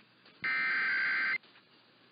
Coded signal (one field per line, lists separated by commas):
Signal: Emergency Alert System (SAME) tones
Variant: header bursts